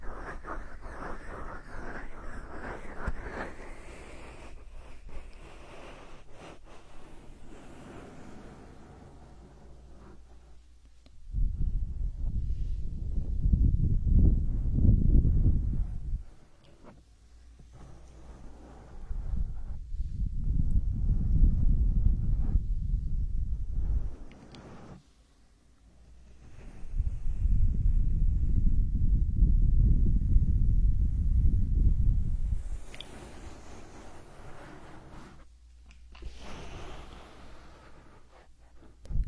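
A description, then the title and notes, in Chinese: Hand massage with soft rubbing and brushing at first, then three long, heavy, low rumbling stretches of pressing around 11, 19 and 26 seconds. 手部按摩4（声控助眠）。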